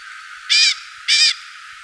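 Bird call: a pair of hoarse, grating notes, each about a quarter second long, separated by a short pause, with light hiss in the background.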